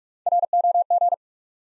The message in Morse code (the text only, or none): ROG